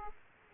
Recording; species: mosquito wingbeat signal from an infrared sensor; Aedes aegypti